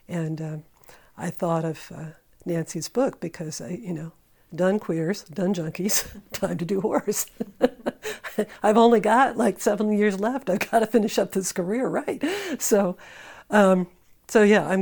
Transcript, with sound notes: And I thought of Nancy's book, because, you know—I've done queers, done junkies, time to do whores. [laughter] I've only got, like, seven years left, I've gotta finish up this career, right? So, yeah.